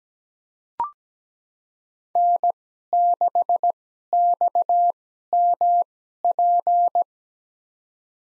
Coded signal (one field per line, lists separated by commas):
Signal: Morse code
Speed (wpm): 17 wpm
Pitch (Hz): 700 Hz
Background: none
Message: N6XMP